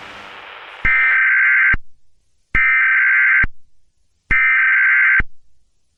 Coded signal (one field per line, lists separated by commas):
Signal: Emergency Alert System (SAME) tones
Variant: header bursts